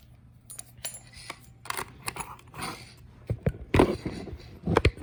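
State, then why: Not seated. A flue gas probe's hose connector, which only fits one way, is being plugged into the body of a Testo 300 combustion analyzer. Light rattling, scraping and small plastic ticks build toward a cluster of sharp taps near the end. Nothing has seated or clicked yet.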